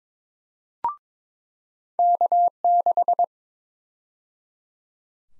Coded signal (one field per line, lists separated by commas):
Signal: Morse code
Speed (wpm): 22 wpm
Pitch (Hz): 700 Hz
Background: none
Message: K6